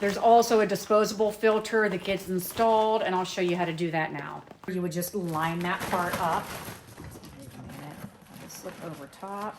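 A disposable vacuum filter is lined up over its mount on the vacuum filter housing before being pushed on, while someone talks throughout. Quieter handling sounds fill the second half of the clip. Nothing has seated or clicked yet.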